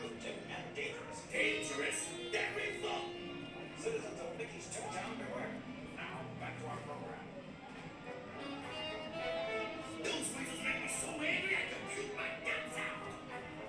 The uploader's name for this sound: Mickey's Toon Town, Disneyland Binaural Recording